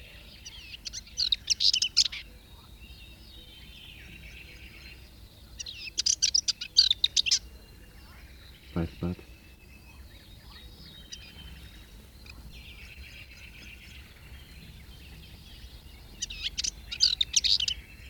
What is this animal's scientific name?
Sylvia cantillans